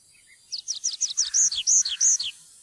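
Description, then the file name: Tree pipit song: high down-slurred notes repeated quickly, then a few longer drawn-out notes alternating with down-slurred ones. "trepipelerke"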